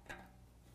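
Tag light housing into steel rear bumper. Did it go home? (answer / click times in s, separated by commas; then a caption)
no / none. A license tag light housing is handled while being fed into a Steelcraft full-width steel rear bumper on a 2020 Jeep Gladiator, to be hooked on one side and clipped in on the other. A brief soft handling rustle peaks around 0.1 s over a steady low hum, then fades. Nothing has seated or clicked yet.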